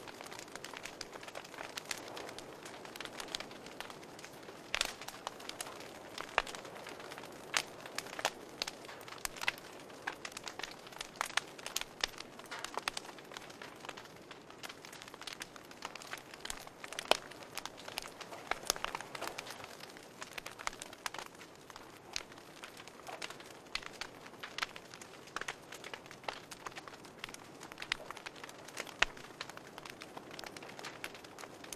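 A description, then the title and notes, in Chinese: A campfire crackles steadily, with dense, irregular snaps and pops spread throughout, some sharper and louder ones standing out every second or so. Beneath the crackling sits a soft, low rush of burning, with no other sounds intruding. 营地篝火声。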